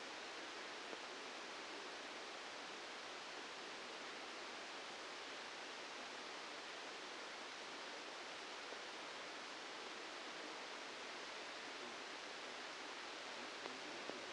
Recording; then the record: brain microelectrode recording played as sound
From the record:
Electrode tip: outside the subthalamic nucleus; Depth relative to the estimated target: -2 mm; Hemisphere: left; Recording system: NeuroSet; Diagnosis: Parkinson's disease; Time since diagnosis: 8 years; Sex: male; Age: 65 years